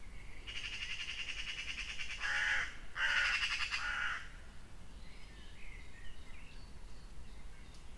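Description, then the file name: Raven giving a long harsh, grating call in two parts, followed by faint chirps of other birds and light background hiss. Recorded in a palace park. "Vogel und Rabe Schlosspark"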